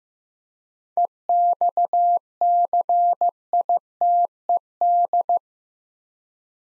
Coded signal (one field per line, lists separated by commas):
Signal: Morse code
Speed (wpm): 15 wpm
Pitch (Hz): 700 Hz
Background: none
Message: EXCITED